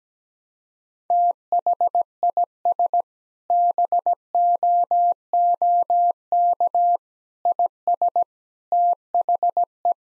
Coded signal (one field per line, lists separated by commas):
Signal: Morse code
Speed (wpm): 17 wpm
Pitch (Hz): 700 Hz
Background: none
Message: THIS BOOK IS THE